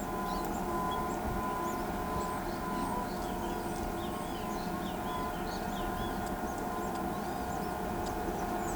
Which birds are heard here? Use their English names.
none